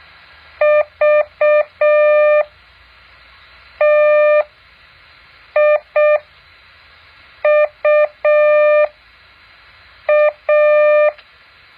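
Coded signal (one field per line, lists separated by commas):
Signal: Morse code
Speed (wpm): 6 wpm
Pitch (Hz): 600 Hz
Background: none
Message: VTIUA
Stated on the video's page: Morse code practice exercise.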